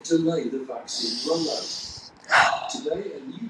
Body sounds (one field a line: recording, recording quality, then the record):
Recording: shallow breathing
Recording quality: moderate, slight background noise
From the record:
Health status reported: healthy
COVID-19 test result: not tested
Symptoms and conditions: none ticked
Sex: female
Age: 54 years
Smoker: not ticked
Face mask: worn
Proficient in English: yes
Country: India